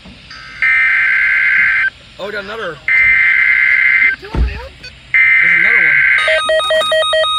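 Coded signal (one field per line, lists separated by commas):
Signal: Emergency Alert System (SAME) tones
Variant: header bursts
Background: speech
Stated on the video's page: Severe Thunderstorm Warning EAS tones received on a WR-300 weather radio.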